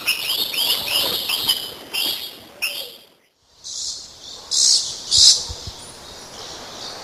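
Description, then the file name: Lorikeet calls: a run of harsh, rasping squawks, a short silence, then loud, buzzy, high screeches in separate bursts. "Лори -Лорикет -Попугай -Голоса-птиц"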